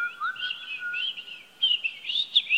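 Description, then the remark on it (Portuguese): Birds chirp and twitter in the trees in a continuous, high-pitched stream, with bright warbling notes and quick trills that grow louder toward the end. No one speaks. “Filhos, olhem nas árvores, pássaros são lindos.”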